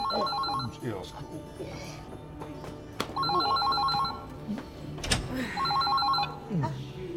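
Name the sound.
telephone ringing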